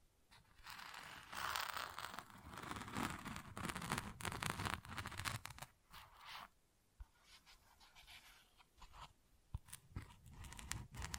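Tapping and scratching on textured surfaces, with dense rustling scratches filling the first six seconds. After that it thins to sparser, quieter scraping with a few sharp taps around seven and nine and a half seconds, and brief crackly bursts near the end.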